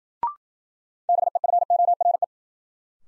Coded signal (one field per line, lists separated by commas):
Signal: Morse code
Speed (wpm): 53 wpm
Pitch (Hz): 700 Hz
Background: none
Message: BEFORE